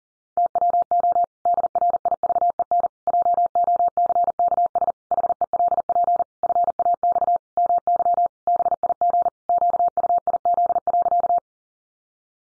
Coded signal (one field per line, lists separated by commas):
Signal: Morse code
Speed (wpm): 40 wpm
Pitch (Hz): 700 Hz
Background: none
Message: TWO DRIVEN JOCKS HELP FAX MY BIG QUIZ.